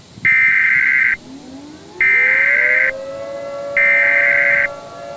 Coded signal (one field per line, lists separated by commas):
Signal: Emergency Alert System (SAME) tones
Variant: header bursts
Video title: (GOOD EAS SCENARIO) Into the Storm | An EAS Scenario | 1080p/25fps